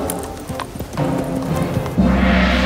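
horse galloping away

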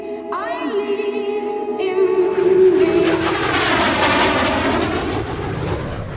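aircraft flying overhead

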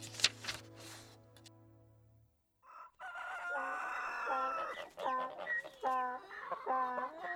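rooster crowing

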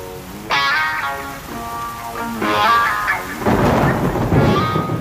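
thunderstorm with rain

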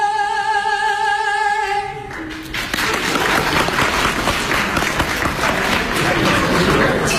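audience applause

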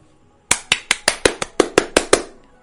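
loud applause

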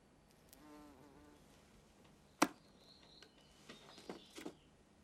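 flies buzzing

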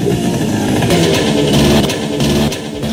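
scooter engine revving

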